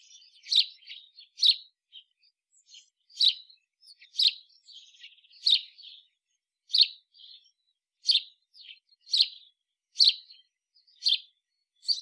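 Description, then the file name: House sparrow chirping, bright sharp chirps repeated roughly once a second with soft twittering notes between them. "Passer domesticus"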